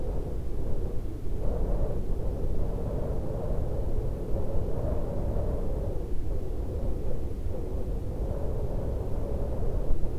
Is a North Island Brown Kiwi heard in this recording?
no